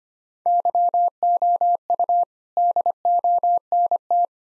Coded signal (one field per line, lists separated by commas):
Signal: Morse code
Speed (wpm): 25 wpm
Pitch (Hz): 700 Hz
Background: none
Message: YOU DONT